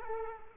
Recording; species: mosquito wingbeat signal from an infrared sensor; Culex quinquefasciatus